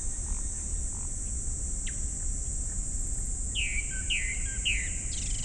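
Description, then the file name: Japanese thrush song: three clear downslurred whistles repeated about every half second, each with a short low tail, over a continuous shrill insect hum. Recorded 19 July 2015, 19:19. "kurotugumi"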